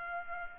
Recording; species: mosquito wingbeat signal from an infrared sensor; Culex pipiens